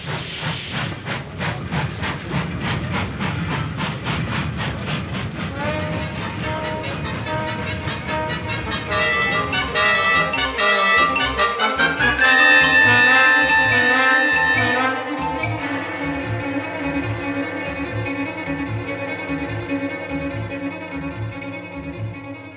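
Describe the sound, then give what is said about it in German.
A train pulls away into the dark North American night, heading toward Chicago: loud steady hiss and rumble with rhythmic chugging pulses, rising whistle-like tones joining midway, then a steady clattering rhythm carrying on to the end. “Und der Zug brauste davon, hinaus in die dunkle, finstere nordamerikanische Nacht der herrlichen Millionenstadt Chicago entgegen.”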